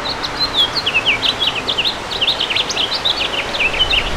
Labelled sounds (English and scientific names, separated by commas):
House Finch (Haemorhous mexicanus) song